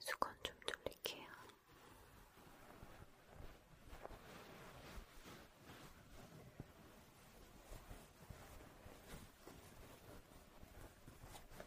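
Grooming sounds from a personal care session. A handful of sharp taps and clicks open the first second or so, then a dense, steady scratchy rustling takes over, like bristles or fingers working through hair, with small swells throughout.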